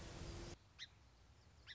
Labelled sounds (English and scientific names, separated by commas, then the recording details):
Song Sparrow (Melospiza melodia)
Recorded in Sonoma County, California